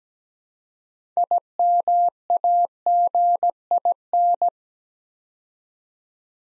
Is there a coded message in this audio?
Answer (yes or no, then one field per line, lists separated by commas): yes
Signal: Morse code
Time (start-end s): 1.2-4.5 s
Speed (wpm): 17 wpm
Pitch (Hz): 700 Hz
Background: none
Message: IMAGIN